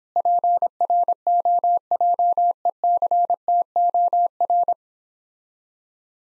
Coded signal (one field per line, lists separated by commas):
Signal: Morse code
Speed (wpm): 26 wpm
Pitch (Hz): 700 Hz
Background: none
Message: PROJECTOR